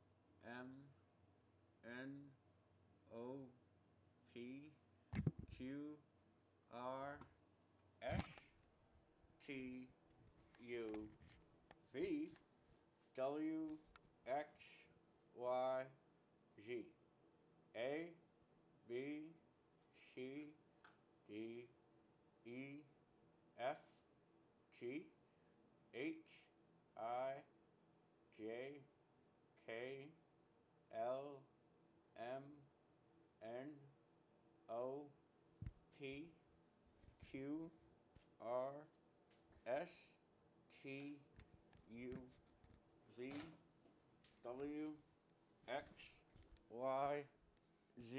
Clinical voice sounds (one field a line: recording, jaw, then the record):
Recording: letters of the alphabet, spoken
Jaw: constrained by a bite bar between the teeth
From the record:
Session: first day, right after the free take